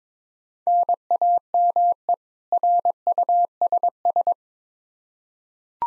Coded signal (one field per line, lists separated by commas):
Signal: Morse code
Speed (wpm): 21 wpm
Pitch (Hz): 700 Hz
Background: none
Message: NAME RUSS